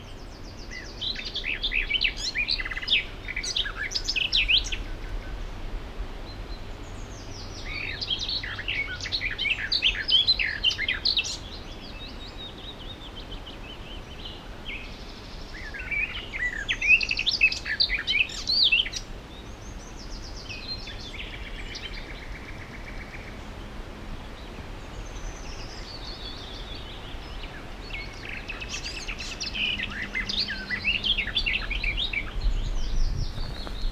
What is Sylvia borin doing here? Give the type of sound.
song